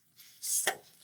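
An Aputure 300x light's ballast box is mounted again onto its back mounting plate, bottom edge first, then pushed in. A soft scrape and a brighter sliding rustle lead into one sharp click at 0.7 s as the latch catches. The ballast is seated and held safely on the plate.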